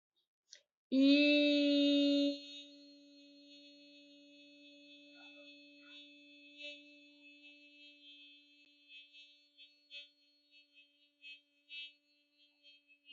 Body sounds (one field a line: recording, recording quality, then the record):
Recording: sustained vowel as in beet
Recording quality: excellent, no background noise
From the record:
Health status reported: healthy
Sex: female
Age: 28 years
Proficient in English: yes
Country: India